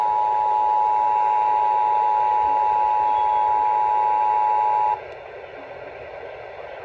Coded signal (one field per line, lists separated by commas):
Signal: Emergency Alert System (SAME) tones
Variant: 853 and 960 Hz attention tone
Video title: [EAS #55-67] Beyond SoCal - Day 1 - EAS alert compilation from 1/9/2023